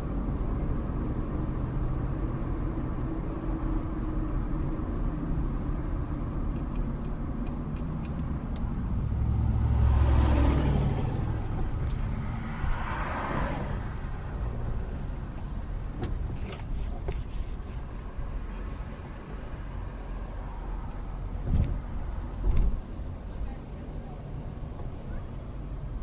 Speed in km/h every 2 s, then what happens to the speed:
34, 32, 29, 23, 13, 10, 10, 10, 6, 10, 10, 11, 11.
0-10 slows to 10. 10-26 steady at about 10.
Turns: 12-17.